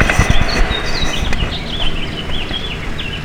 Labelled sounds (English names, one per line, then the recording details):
House Finch song
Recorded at West Islip on Long Island, New York, on 18 May 2013